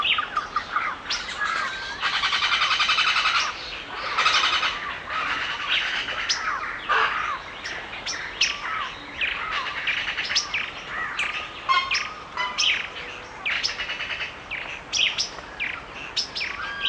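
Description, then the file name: Birds calling: harsh buzzy squawks early on, then a busy chorus of quick chirps, trills and whistled phrases, over a soft steady hiss. Forest and nature sounds recorded while it is raining; bird songs. "Calming Nature Bird Songs (Dydki info)"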